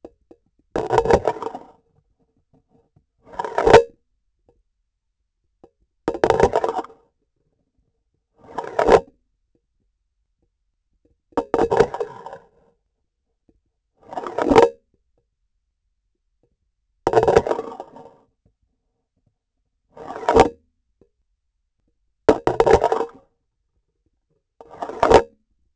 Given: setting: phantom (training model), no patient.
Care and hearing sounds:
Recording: laparoscopic instrument, vibration sensor on the handle end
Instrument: grasping forceps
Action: insertion and removal through the trocar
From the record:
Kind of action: spatial motion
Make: Olympus

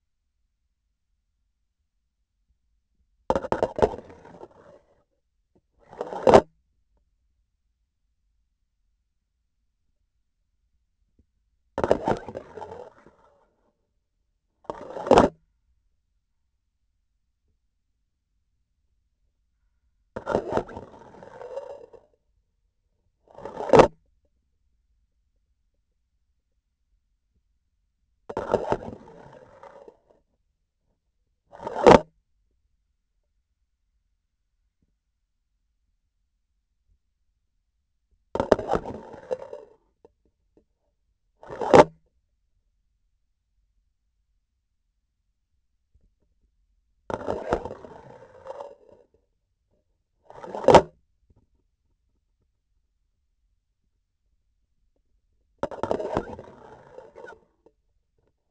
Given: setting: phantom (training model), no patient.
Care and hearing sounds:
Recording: laparoscopic instrument, vibration sensor on the handle end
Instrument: grasping forceps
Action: insertion and removal through the trocar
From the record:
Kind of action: spatial motion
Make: other than Olympus

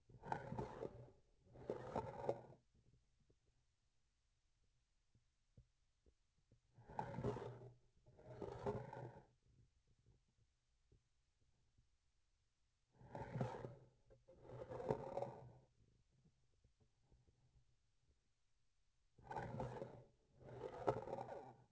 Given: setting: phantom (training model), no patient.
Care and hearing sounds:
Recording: laparoscopic instrument, vibration sensor on the handle end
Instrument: grasping forceps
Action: approaching and retracting movements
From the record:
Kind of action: spatial motion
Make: other than Olympus

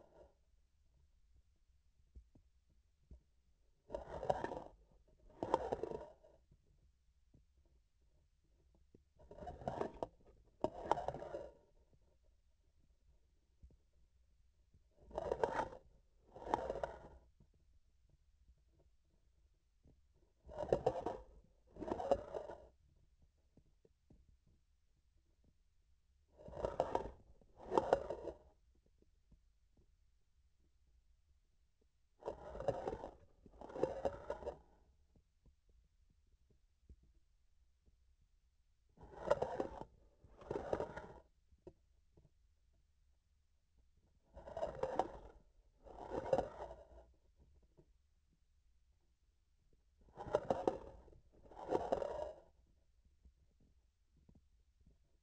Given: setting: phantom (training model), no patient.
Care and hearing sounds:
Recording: laparoscopic instrument, vibration sensor on the handle end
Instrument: grasping forceps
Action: approaching and retracting movements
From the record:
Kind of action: spatial motion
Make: other than Olympus

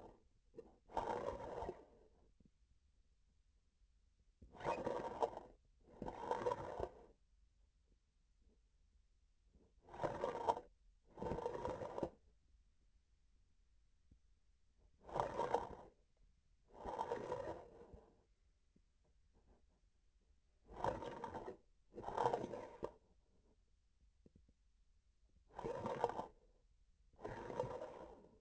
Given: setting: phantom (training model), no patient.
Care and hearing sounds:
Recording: laparoscopic instrument, vibration sensor on the handle end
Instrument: grasping forceps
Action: approaching and retracting movements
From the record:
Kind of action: spatial motion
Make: other than Olympus

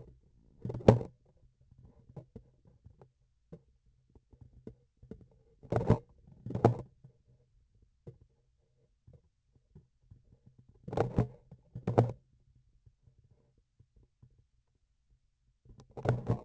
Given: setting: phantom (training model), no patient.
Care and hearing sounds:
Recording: laparoscopic instrument, vibration sensor on the handle end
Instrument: grasping forceps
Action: opening and closing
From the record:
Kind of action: tool actuation without material contact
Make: other than Olympus

